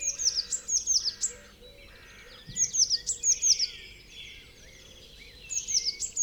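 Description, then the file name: Eurasian blue tit giving bursts of high, thin notes in quick descending series, three phrases a few seconds apart. "Cyanistes caeruleus"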